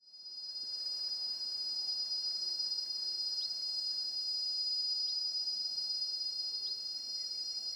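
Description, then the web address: Insects droning in a continuous, very high, even whine of stacked tones, with faint short downward chirps at intervals; otherwise quiet. Quiet mountain forest in Ethiopia; very high-pitched insects and flying insects. "Sonniss com - GDC 2019-Game Audio Bundle Charlie Atanasyan - Ethiopia ETH Forest in mountain quiet insects very high and flyers"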